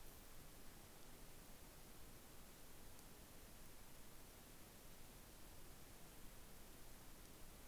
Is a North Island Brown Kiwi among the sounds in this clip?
no